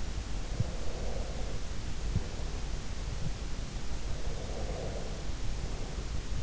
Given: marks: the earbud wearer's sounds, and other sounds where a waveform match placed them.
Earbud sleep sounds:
sounds in sleep by an in-ear microphone; breath
0.68-2.80 s: breath
4.03-5.92 s: breath

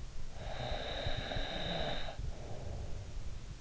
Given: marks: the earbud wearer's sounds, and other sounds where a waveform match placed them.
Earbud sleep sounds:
sounds in sleep by an in-ear microphone; snoring breath
0.16-3.33 s: snoring breath

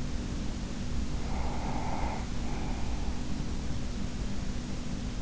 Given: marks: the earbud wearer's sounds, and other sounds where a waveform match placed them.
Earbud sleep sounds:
sounds in sleep by an in-ear microphone; breath
0.91-3.53 s: breath

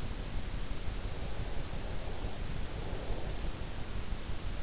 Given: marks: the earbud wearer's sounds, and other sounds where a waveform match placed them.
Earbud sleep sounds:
sounds in sleep by an in-ear microphone; breath
2.48-3.74 s: breath

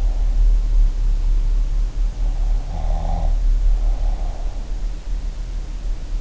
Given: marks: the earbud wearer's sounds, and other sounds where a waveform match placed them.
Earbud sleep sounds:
sounds in sleep by an in-ear microphone; snoring breath
2.60-4.41 s: snoring breath

